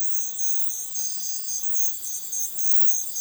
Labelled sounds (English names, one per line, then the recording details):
none
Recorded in dense forest near Puerto Asís, Putumayo, Colombia, on 18 February 2024 at 05:00
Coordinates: 0.505, -76.324
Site G6467